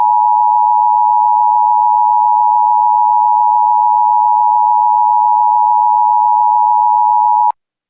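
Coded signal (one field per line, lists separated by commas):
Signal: Emergency Alert System (SAME) tones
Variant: 853 and 960 Hz attention tone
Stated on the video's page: Fictional mock EAS scenario, not a real alert.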